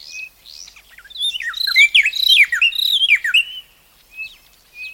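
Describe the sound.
Bird calls: high, thin twittering notes with rapid downslurred chirps in a busy burst, framed by short steady whistles before and after.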